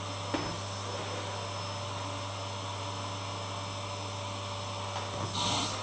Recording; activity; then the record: daily activity, microphone in the room; vacuum cleaning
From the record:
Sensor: 1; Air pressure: 1007.7 hPa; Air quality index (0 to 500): 78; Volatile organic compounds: 1 ppm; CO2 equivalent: 677 ppm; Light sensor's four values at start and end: 8/20/8/8 and 8/20/8/8